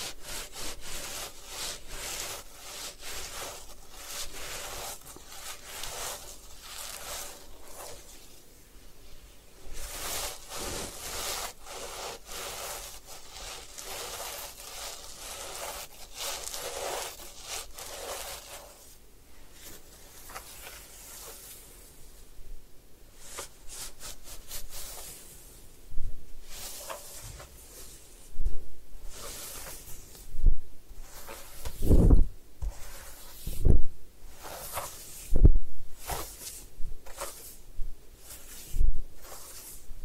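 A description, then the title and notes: Head spa hair wash and massage: a dense, bright crackling rustle of hands working through hair fills the first twenty seconds. After that it thins into scattered scratchy strokes, broken by sharp taps and bumps, most often between about 30 and 36 seconds. Head Spa Hair Wash, Massage, Ear Cleaning.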